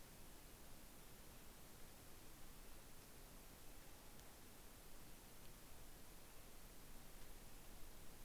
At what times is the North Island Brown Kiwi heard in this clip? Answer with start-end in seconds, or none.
none